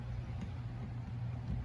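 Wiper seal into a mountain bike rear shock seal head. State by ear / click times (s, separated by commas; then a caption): not seated / none. A stiff rubber wiper seal is pushed with a dull tool into the bearing housing of a Fox DHX RC4 mountain bike rear shock's seal head. Only a steady low rumble and hum with faint handling noise is heard, with no sharp transient. Nothing has seated or clicked yet.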